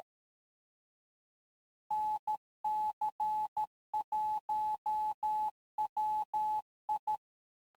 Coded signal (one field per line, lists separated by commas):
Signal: Morse code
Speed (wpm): 13 wpm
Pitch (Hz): 860 Hz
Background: none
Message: NC1WI